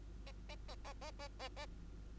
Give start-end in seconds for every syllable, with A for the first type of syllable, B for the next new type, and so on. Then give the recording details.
0.27-0.32 A, 0.49-0.55 A, 0.68-0.75 A, 0.84-0.93 A, 1.01-1.11 A, 1.19-1.28 A, 1.39-1.49 A, 1.56-1.66 A. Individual Bird2